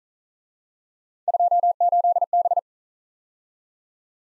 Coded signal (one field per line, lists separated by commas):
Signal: Morse code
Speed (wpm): 44 wpm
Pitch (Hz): 700 Hz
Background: none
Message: 28B